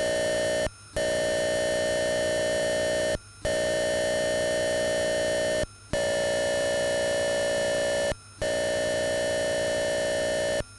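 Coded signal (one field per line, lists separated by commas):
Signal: computer data on cassette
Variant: Atari 8-bit cassette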